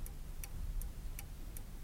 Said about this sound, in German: Wie still es hier ist. Gläsern und still. Die alte Uhr da oben über dem Kamin mit dem goldenen Gitter. Hören Sie